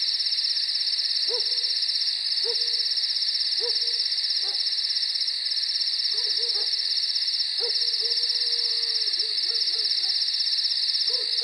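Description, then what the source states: Owl giving several short clipped hoots, some doubled, under a loud continuous chirring of crickets. Night nature recording with crickets.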